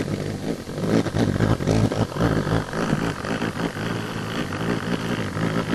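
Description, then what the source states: Elephant hawk-moth humming in flight, a deep buzzy drone rising and falling in loudness in uneven surges over a few seconds. Humming in flight on a summer night, lured to a pine trunk smeared with bait of red wine, brown sugar, balsamic vinegar and banana; same individual as on presenter's book cover.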